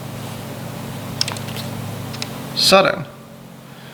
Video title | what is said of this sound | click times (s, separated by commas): Nordlux Link System - Mounting instructions | Jetzt ist er korrekt eingerastet. | 1.2 s